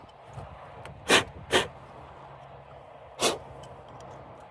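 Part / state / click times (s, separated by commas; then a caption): harness connector into engine control module / not seated / none. A harness connector is being handled and pushed back toward the engine control module of a 2009–2014 BH Genesis sedan. Three short broadband rustle-like bursts of handling noise come at about 1.1 s, 1.6 s and 3.3 s over a steady low hum. Nothing has seated or clicked yet; the connector is not home.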